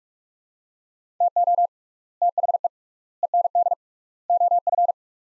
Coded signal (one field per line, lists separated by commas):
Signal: Morse code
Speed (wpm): 46 wpm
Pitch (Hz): 700 Hz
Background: none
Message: TO THE END OF